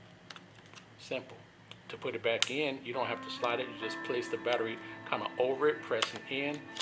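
A battery pack is released and slid up out of the battery compartment of a Canon XA60 camcorder after its release latch is slid, with a sharp click at 0.3 s. Short sharp transients are heard near the start, then someone talks. The battery comes free and is removed.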